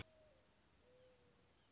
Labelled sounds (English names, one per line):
Mourning Dove